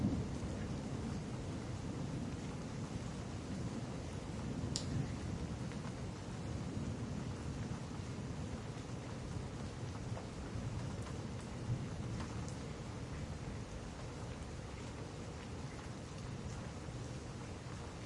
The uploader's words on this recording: Stormy White Noise. Stormy weather white noise, thunderstorm ambiance, rain and thunder sounds.